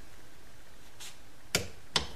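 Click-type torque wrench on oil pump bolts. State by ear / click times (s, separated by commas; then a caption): torque reached / 1.5 s, 2.0 s. A click-type torque wrench tightens the oil pump cover bolts on a 1973 Honda CB750 motorcycle engine oil pump held in a vise, to 8 foot-pounds. After a faint rustle near 1.0 s, the wrench gives two sharp, bright clicks at 1.6 s and 2.0 s, showing it has reached its setting.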